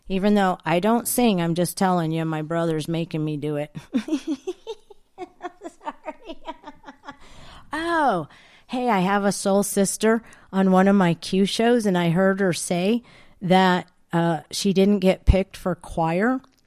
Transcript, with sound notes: even though I don't sing, I'm just telling you, my brother's making me do it. (laughs) Sorry.
Oh, hey, I have a soul sister on one of my Q shows and I heard her say that, uh, she didn't get picked for choir,